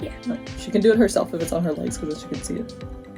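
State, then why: Not seated. A Dexcom CGM glucose monitor transmitter is being handled at an adhesive sensor housing on the skin, bottom end going into the slot first before the top is pushed down. Someone talks over music playing underneath. Nothing has seated or clicked yet.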